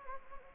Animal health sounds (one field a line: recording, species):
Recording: mosquito wingbeat signal from an infrared sensor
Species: Anopheles gambiae